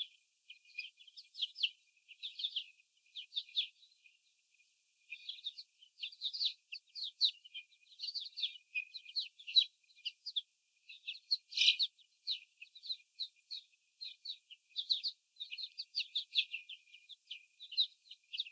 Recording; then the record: young laying hens in a cage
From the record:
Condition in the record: after the stressor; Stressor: sudden umbrella opening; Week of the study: 3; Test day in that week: 2